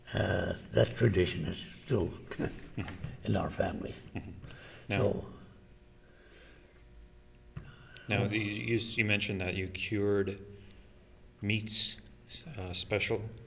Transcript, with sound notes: That tradition is still [laughs] in our family.
Now, you mentioned that you cured meats, special